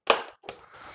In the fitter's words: just so we can get a hold there, and you'll hear them click out.